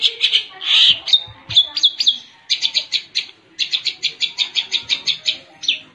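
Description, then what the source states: Long-tailed shrike song, with a few scratchy notes and whistles leading into a fast, even series of sharp repeated chips. Combination song.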